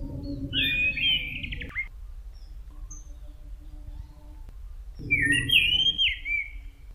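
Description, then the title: Thrush song: two rich, warbled whistled phrases, one at the start and one near the end, separated by a quiet gap, with low rumbling noise under each phrase. "Suara Burung Anis"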